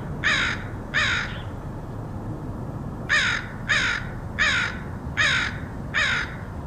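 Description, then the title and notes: Crow giving harsh repeated caws, two together, a pause, then five more in quick succession, with low rumbling background noise. Crows recorded in Portland, Oregon, in August 2003. "Crows of Portland. Crows recorded by Dan Bodah in Portland, OR, August 2003"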